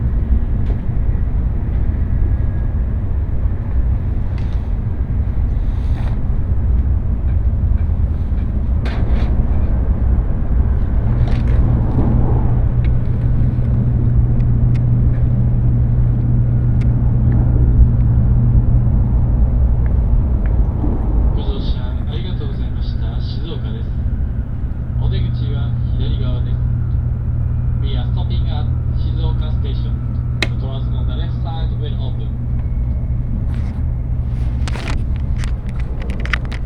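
Inside a bullet train slowing toward a station, a steady low rumble carries quiet voices, clicks, and a short repeating chime midway through.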